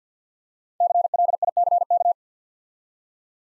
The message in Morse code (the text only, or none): CLICK